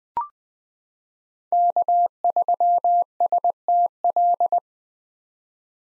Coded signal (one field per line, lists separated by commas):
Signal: Morse code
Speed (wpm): 20 wpm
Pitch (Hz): 700 Hz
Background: none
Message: K3STL